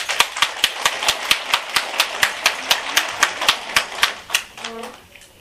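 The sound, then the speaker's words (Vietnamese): Sharp, evenly spaced claps from Buddhist followers, a round of applause for a nun, beat out a steady, brisk rhythm for about four seconds, then trail off as a voice begins speaking. “Chúng ta xin quý Phật tử cho ni sư Quyền Dũng một tràng pháo tay.”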